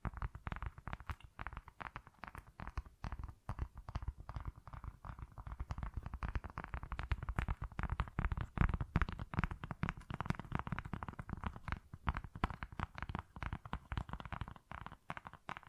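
Tapping and scratching textures form a dense, uneven stream of quick clicks and rustles, busiest and loudest through the middle seconds.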